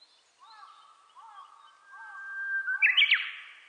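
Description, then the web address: Japanese bush warbler song: a few soft, low repeated notes, then a long steady whistle ending in a loud, quick rising-and-dropping flourish. Recorded on 29 April 2001. "2001 010429 uguisu"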